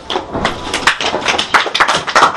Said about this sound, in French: Applaudissez pour lui.